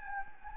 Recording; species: mosquito wingbeat signal from an infrared sensor; Anopheles gambiae